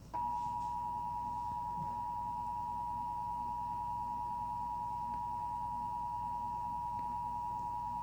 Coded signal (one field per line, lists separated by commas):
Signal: Emergency Alert System (SAME) tones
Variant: 853 and 960 Hz attention tone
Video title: There Ain't No Tornado - EAS June 26th 2021 Tornado Warning